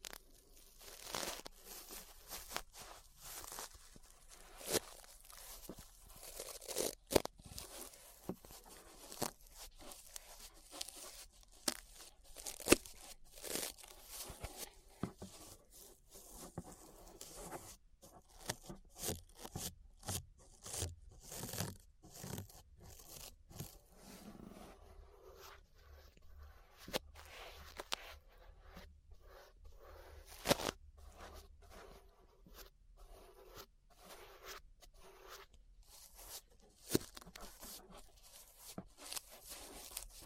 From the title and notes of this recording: ASMR Relaxing 3Dio Ear Brushing (No Talking).